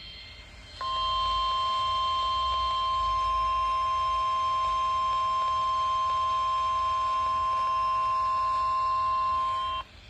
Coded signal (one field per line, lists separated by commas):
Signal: Emergency Alert System (SAME) tones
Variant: 1050 Hz attention tone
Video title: KIH55 NOAA weather radio test April 30, 2022 at 11 AM CDT Montgomery, AL